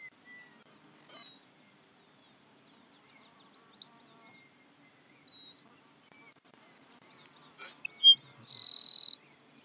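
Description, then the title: Grassland Sparrow song: two sharp high notes, then a loud, rapid buzzy trill on one pitch lasting under a second, with faint thin whistles throughout. Nominate subspecies humeralis. "LuckyPassaro Completos2Sama. Grassland Sparrow"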